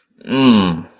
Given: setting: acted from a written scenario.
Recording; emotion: vocal sound without words; shame